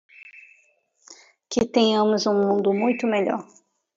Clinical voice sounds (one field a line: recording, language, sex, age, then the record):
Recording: short text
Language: Brazilian Portuguese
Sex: female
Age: 30 to 39 years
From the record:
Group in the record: control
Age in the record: 39 years